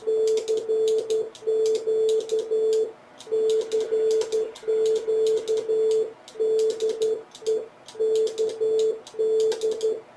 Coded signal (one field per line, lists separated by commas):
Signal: Morse code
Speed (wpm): 12 wpm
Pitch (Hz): 440 Hz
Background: none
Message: CQ CQ DE KD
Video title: Understanding the Dit/Dah Histogram — Project TouCans CW Practice App #morsecode #hamradio